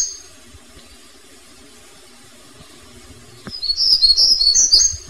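Hermit warbler calls: a quick run of thin, very high chips and buzzy notes near the end, after several seconds of quiet background hiss.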